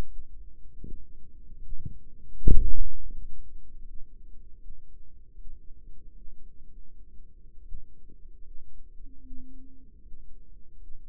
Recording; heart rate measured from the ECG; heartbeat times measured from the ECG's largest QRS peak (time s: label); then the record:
heart sounds by microphone in the right ear; 79 bpm
0.03 s: heartbeat
0.78 s: heartbeat
1.54 s: heartbeat
2.18 s: heartbeat
3.06 s: heartbeat
3.80 s: heartbeat
4.55 s: heartbeat
5.32 s: heartbeat
6.08 s: heartbeat
6.59 s: heartbeat
7.61 s: heartbeat
8.38 s: heartbeat
9.18 s: heartbeat
9.98 s: heartbeat
10.73 s: heartbeat
From the record:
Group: healthy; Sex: female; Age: 22 years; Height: 171 cm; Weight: 65.6 kg